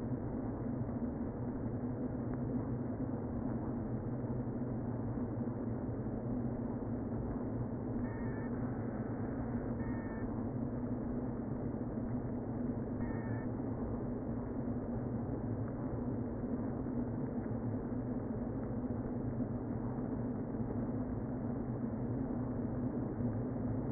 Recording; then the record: honeybee colony, microphone inside the hive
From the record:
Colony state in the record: queen present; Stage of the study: before two queens were removed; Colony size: about 60,000 bees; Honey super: yes